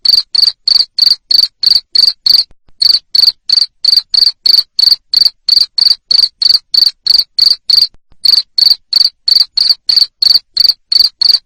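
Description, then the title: Cricket chirping loudly and regularly, crisp high pulses about three a second, with a couple of short pauses. Loud cricket chirping played to stimulate lovebirds to keep singing (ngekek). "Suara JANGKRIK NGERIK Keras Bikin LOVEBIRD Jadi NGEKEK Terus Vubey"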